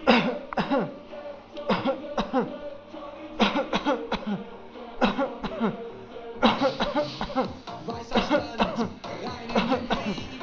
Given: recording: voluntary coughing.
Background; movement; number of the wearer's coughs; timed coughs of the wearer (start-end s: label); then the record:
music; sitting; 16
0.05-0.55 s: cough
0.55-0.96 s: cough
1.67-2.09 s: cough
2.15-2.56 s: cough
3.38-3.70 s: cough
3.70-4.09 s: cough
4.09-4.47 s: cough
4.99-5.34 s: cough
5.34-5.80 s: cough
6.40-6.79 s: cough
6.79-7.11 s: cough
7.11-7.63 s: cough
8.08-8.46 s: cough
8.57-8.92 s: cough
9.53-9.89 s: cough
9.89-10.29 s: cough
From the record:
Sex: male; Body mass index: 20.6 kg/m2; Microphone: on the chest, facing outward